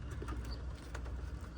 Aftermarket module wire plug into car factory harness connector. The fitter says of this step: Make sure it clicks.